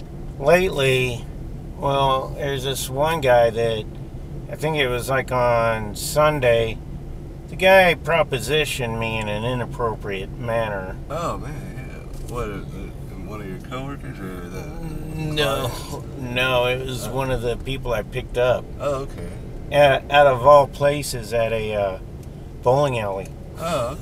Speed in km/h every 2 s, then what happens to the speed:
27, 27, 24, 27, 27, 27, 26, 26, 24, 23, 21, 19.
0-15 steady at about 27. 15-24 slows to 19.